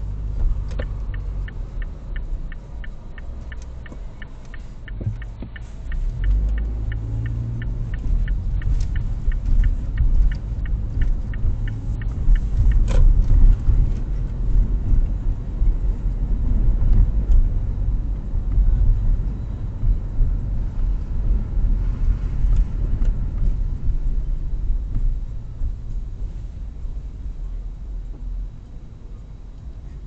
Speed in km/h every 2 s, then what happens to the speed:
8, 0, 0, 15, 17, 25, 26, 27, 29, 29, 26, 19, 12, 4, 2.
1-5 standing. 5-16 pulls away to 29. 16-30 slows to 2.